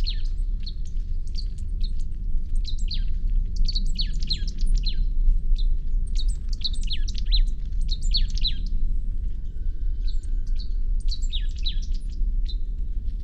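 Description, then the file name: Marsh tit calls, a busy run of sharp high chipping notes in quick clusters with short gaps, over steady low rumbling background noise. "Poecile palustris"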